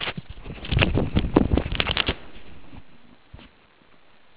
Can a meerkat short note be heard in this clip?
no